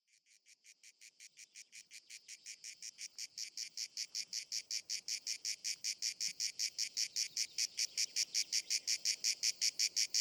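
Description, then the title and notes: Grey cicada song, a rhythmic series of harsh buzzy pulses, starting faint and growing louder. Most abundant and best-known cicada; its particular rhythm makes it easy to recognise; called Cacan in Provence. "Nouvelle cigale dans &quot;ECOUTEZ NATURE&quot"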